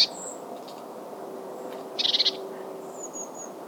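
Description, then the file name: Eurasian blue tit call: one short, fast-pulsed scolding burst around midway, with thin high whistled notes at the start and near the end over a steady low hum. "Cyanistes caeruleus"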